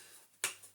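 The front of a plastic attachment is pushed onto an upright vacuum cleaner after it was not clicked in first. A single sharp click at 0.4 s stands out over a faint low hum. The attachment front seats.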